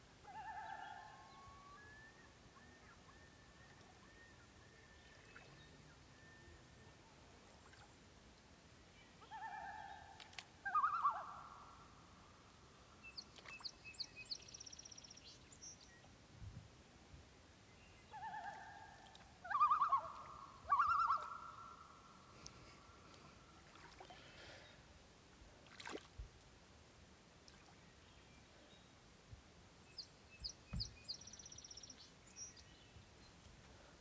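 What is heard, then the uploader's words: Loons call across a quiet lake at sunset, with long, drawn-out wails at the start, near ten seconds and around twenty seconds, some rising into wavering notes. Small birds chirp brightly now and then in the background, especially near twelve and thirty-two seconds. Loons of Lac Forbes at Sunset, Mont-Tremblant National Park, Québec, Canada.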